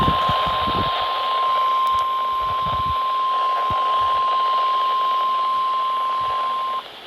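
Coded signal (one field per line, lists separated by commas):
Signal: Emergency Alert System (SAME) tones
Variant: 1050 Hz attention tone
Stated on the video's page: Severe thunderstorm warning SAME tones that did not glitch this time.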